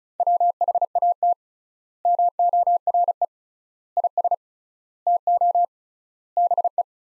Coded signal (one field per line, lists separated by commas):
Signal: Morse code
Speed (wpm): 36 wpm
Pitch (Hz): 700 Hz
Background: none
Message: WHAT MORE IS TO BE